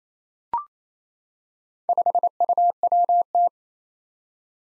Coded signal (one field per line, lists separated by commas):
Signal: Morse code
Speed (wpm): 28 wpm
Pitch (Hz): 700 Hz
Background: none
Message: 5UWT